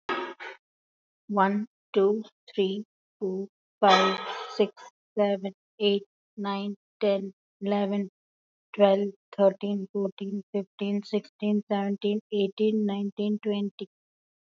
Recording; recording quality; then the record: counting at a normal pace; excellent, no background noise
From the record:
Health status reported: healthy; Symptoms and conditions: diabetes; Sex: female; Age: 51 years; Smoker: not ticked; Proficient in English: yes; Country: India